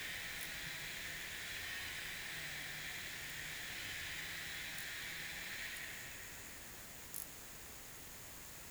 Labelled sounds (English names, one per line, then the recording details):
none
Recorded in pastures near Puerto Asís, Putumayo, Colombia, on 27 June 2025 at 12:00
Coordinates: 0.486, -76.323
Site H29